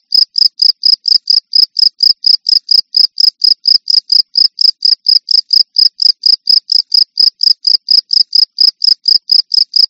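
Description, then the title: Cricket calling with rapid, regular high-pitched chirps, evenly spaced throughout against a quiet background. "jangkrik"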